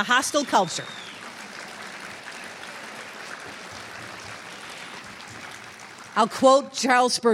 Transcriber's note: applause